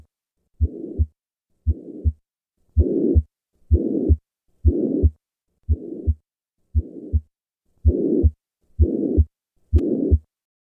Ebstein Anomaly. Pan-systolic murmur of tricuspid regurgitation.